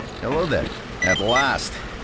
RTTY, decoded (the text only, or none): none